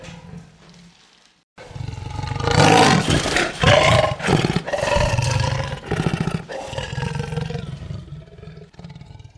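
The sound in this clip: Leopard growl starting quietly, then swelling into loud, harsh, pulsing rumbles repeated in uneven bursts before easing off.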